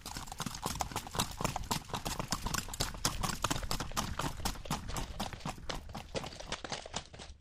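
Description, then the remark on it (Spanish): The hooves of a criollo horse trot steadily on a dirt road in Tabio, a brisk, even clip-clop of many sharp, crisp beats continuing without pause for several seconds, with a low rumble underneath. “yo creo que los caminos destapados son los adecuados para los caballos criollos.”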